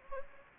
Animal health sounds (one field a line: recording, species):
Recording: mosquito wingbeat signal from an infrared sensor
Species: Anopheles gambiae